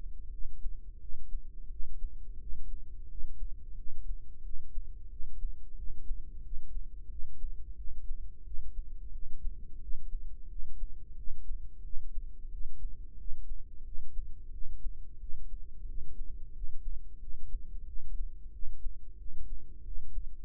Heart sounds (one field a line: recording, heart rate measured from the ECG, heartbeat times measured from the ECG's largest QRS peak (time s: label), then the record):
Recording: heart sounds by microphone in the right ear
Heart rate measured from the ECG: 89 bpm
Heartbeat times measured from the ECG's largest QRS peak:
0.29 s: heartbeat
0.98 s: heartbeat
1.68 s: heartbeat
2.37 s: heartbeat
3.06 s: heartbeat
3.74 s: heartbeat
4.41 s: heartbeat
5.08 s: heartbeat
5.74 s: heartbeat
6.41 s: heartbeat
7.07 s: heartbeat
7.74 s: heartbeat
8.42 s: heartbeat
9.10 s: heartbeat
9.79 s: heartbeat
10.47 s: heartbeat
11.14 s: heartbeat
11.81 s: heartbeat
12.49 s: heartbeat
13.15 s: heartbeat
13.83 s: heartbeat
14.50 s: heartbeat
15.17 s: heartbeat
15.85 s: heartbeat
16.52 s: heartbeat
17.18 s: heartbeat
17.84 s: heartbeat
18.50 s: heartbeat
19.16 s: heartbeat
19.82 s: heartbeat
From the record:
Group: healthy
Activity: rest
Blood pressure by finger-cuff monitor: 108/66 mmHg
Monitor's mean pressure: 80 mmHg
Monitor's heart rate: 90 bpm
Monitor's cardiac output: 6.4 L/min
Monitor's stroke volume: 71 mL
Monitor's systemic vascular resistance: 910 dyn s/cm5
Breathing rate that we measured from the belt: 18 breaths a minute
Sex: female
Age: 43 years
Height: 160 cm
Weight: 90 kg